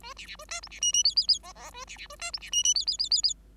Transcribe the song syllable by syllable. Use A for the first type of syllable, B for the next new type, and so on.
A B B A C D B E E F F F G G A B B A C D B E E F F F F F